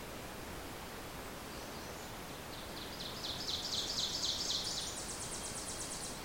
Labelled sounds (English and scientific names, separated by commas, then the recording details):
Ovenbird (Seiurus aurocapilla) song
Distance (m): 40 m
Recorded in boreal forest in Alberta, Canada, on 26 May 2016 at 07:50
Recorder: SongMeter 3, array SBT-3-15
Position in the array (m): 56 m, 220 m
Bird 20